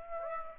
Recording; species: mosquito wingbeat signal from an infrared sensor; Aedes aegypti